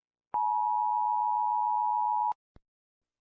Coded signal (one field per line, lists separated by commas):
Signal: Emergency Alert System (SAME) tones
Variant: 853 and 960 Hz attention tone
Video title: EAS scenario - the creature